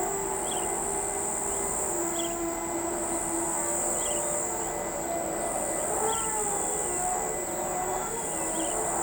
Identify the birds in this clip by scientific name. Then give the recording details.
Megarynchus pitangua. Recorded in pastures near Pivijay, Magdalena, Colombia, on 13 April 2023 at 05:30. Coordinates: 10.456, -74.369. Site P6-G026